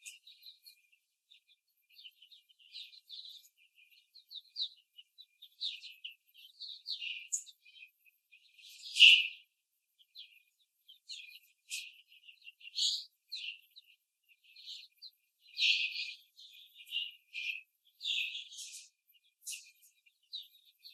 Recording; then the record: young laying hens in a cage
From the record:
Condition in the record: after the stressor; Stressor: simulated dog barking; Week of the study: 3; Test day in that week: 2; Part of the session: 1